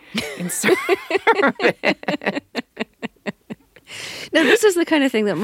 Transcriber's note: soundbite of laughter